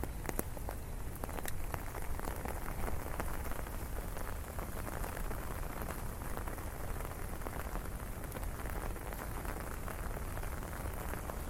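Rain patters on an umbrella during a city walk, a dense, steady hiss with a low rumble underneath. Brighter drops and taps cut through irregularly, clustering in the first few seconds, while the overall level stays even throughout.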